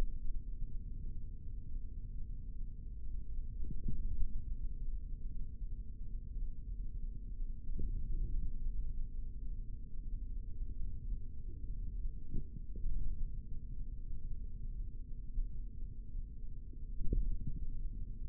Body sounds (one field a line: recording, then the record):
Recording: forearm muscle sounds (acoustic myography)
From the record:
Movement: finger pinch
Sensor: system 3, bracelet of six PUI Audio POM-2738L microphones around the upper forearm, with dedicated amplification and filtering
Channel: 3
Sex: male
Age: 25 years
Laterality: right